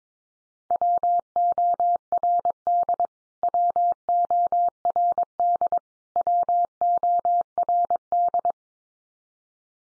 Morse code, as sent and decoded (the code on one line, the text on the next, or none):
.-- --- .-. -.. / .-- --- .-. -.. / .-- --- .-. -..
WORD WORD WORD